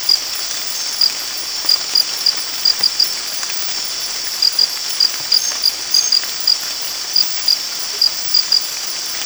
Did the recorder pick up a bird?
no